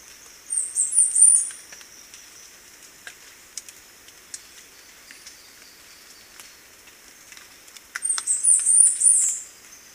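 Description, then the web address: Chestnut-capped brush finch giving very high, thin, wavering phrases, one near the start and another near the end, with faint ticking in between. Recorded in Ecuador. "Birds of Ecuador. Chestnut-capped Brush-Finch"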